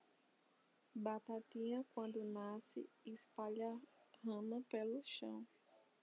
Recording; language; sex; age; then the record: short text; Brazilian Portuguese; female; 20 to 29 years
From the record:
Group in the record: control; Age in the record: 26 years